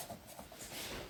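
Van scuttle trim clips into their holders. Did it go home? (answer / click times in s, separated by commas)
no / none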